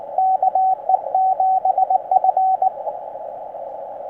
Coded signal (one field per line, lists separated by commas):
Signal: Morse code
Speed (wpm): 22 wpm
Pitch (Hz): 750 Hz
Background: radio noise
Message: KE7F